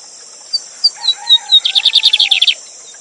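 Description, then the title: Lined seedeater song of spaced, slurred whistles that speed into a dense buzzing trill lasting about a second, against a steady high hiss. Song tutor bird singing live with a waterfall; presented as a new lined seedeater song. "Novo Canto de Bigodinho. Bigode Gavião negro professor de canto cantando ao vivo com cascata!"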